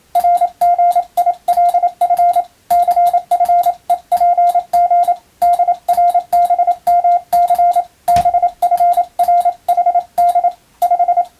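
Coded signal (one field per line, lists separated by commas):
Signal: Morse code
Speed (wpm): 27 wpm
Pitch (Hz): 700 Hz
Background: radio noise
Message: RGILF CFEPG DRBMC BFRHD 5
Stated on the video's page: Morse receiving practice sent by hand with a key, using a telegram practice book.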